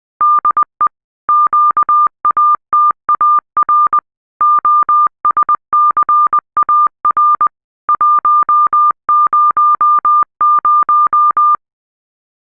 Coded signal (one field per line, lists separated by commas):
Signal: Morse code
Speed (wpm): 20 wpm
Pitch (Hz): 1200 Hz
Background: none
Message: DE QATAR OSCAR 100